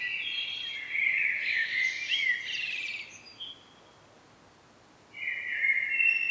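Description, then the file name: Common blackbird song, a long, loud warbling phrase ending in twitters, a short quiet spell, then a new phrase starting. "Turdus merula"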